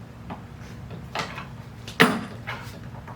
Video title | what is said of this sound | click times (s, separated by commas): Best Woodworking Sharpening Guide for your tools. See them all. Honing Guides for Chisels and more. | so that snaps into there | 2.0 s